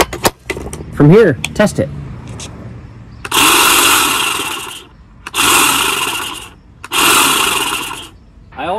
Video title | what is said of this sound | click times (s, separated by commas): "Cordless" Craftsman hedge trimmer - Opening box & Full review | align the battery properly and slide it into place until it clicks | 0.5 s